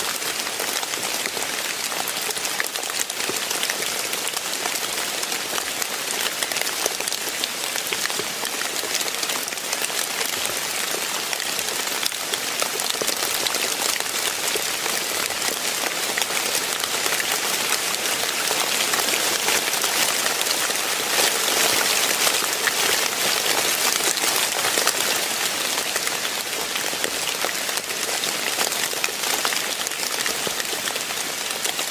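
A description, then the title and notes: A rainstorm pours down steadily and densely, a bright hiss of countless drops close by, with slight swells in intensity throughout. Rainstorm.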